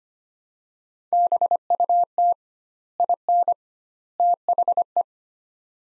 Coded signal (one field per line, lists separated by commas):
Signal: Morse code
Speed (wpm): 25 wpm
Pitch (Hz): 700 Hz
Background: none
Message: BUT IN THE